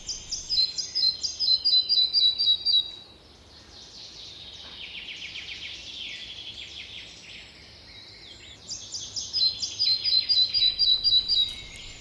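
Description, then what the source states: Red-breasted flycatcher singing two phrases of high, sweet notes repeated quickly in a row, one at the start and one near the end. Song phrase likened to a willow warbler's in beauty, somewhat like a pied flycatcher, with a bit of a chiffchaff-like rhythm.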